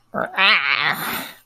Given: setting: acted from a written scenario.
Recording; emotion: vocal sound without words; desire